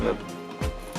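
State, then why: Not seated. An expansion card is set into the first PCI Express slot of a motherboard with the slot clip opened, heard as brief handling sounds while someone talks over background music. Nothing has seated or clicked yet.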